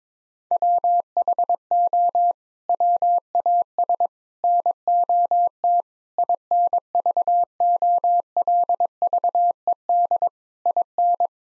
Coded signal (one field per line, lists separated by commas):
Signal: Morse code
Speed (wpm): 21 wpm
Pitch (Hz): 700 Hz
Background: none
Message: WHO WAS NOT INVOLVED IN